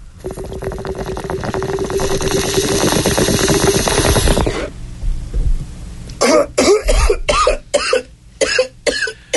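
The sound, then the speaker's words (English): A bong hit: about four and a half seconds of steady bubbling and gurgling, then a pause, followed by a run of harsh, loud coughing fits. “Hey, …, take me out with a bong hit, please.”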